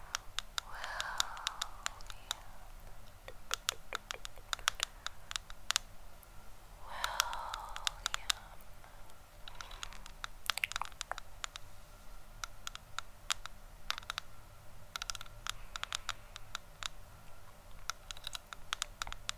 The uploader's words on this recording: ASMR Camera Tapping + Trigger Words.